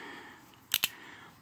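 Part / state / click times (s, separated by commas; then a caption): knife blade locking into a multi-tool handle / seated / 0.7 s, 0.8 s. A knife blade on a steel multi-tool is opened until its blade lock engages, giving two sharp metallic clicks at 0.7 and 0.8 seconds against a quiet background. The blade ends up locked open in the multi-tool handle.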